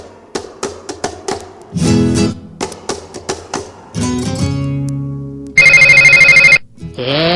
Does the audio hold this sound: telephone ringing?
yes